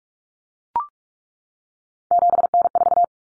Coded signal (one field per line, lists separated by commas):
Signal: Morse code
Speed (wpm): 44 wpm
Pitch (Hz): 700 Hz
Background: none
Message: 7N4